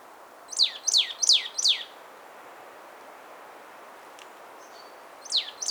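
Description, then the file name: Marsh tit uttering sharp, steeply falling notes, four in quick succession, a pause, then two more, against soft steady hiss. "Poecile palustris"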